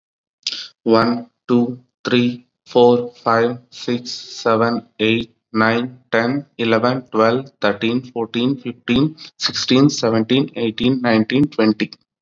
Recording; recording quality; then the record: counting at a normal pace; excellent, no background noise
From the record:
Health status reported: COVID-19 positive, mild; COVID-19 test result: positive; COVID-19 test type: rapid antigen test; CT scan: not taken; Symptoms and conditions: cough, fever, muscle pain, diarrhoea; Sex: male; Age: 27 years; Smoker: no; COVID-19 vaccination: none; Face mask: not worn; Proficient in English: yes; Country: India